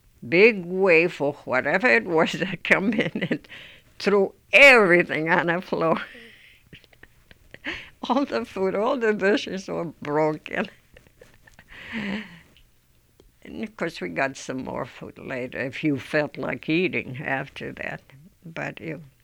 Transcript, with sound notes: big wave or whatever it was come in and threw everything on the floor. All the food, all the dishes all broke. ( she laughs ) And, of course, we got some more food later if you felt like eating after that, but it, we